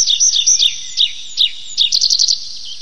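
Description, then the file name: Tree pipit giving a few separate high, down-slurred notes, then a brief rapid trill of clipped chirps. "lesnoj konek anthus trivialis"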